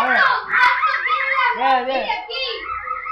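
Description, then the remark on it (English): A child's high voice makes a string of rapid, rising and falling hooting and screeching calls, imitating a monkey, loud and continuous for about three seconds. “Okay, what's the sound of the monkey?”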